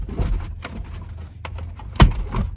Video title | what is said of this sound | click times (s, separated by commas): 3rd Gen Tundra MESO Map Light installation | and then snap in the back till you hear it click now it's time to test | 2.0 s